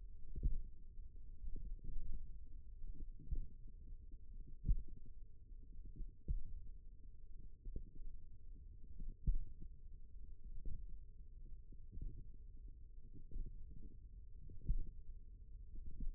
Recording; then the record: forearm muscle sounds (acoustic myography)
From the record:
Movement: tripod grip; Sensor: system 1, eight BSWA MPA416 microphones around the upper forearm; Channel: 2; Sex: female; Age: 21 years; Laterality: right